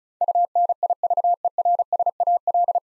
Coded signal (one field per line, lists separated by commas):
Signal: Morse code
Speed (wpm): 34 wpm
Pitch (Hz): 700 Hz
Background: none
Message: UNIVERSAL